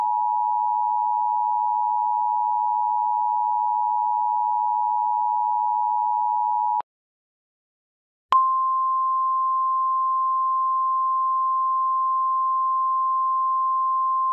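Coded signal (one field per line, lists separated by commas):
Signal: Emergency Alert System (SAME) tones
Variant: 853 and 960 Hz attention tone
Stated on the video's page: Mock PDS Tornado Warning alert made on request, not a real activation.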